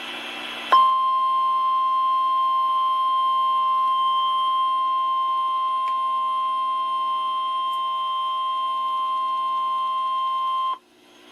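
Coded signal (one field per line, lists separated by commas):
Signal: Emergency Alert System (SAME) tones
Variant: 1050 Hz attention tone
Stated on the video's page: Severe weather alerts received through an online weather radio stream, which skipped on one alert.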